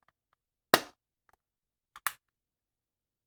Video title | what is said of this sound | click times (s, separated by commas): How to Use the Fuji GA645Zi Medium Format Film Camera | Align the start arrows with the first red button and close the back of the camera until you hear it click. | 0.7 s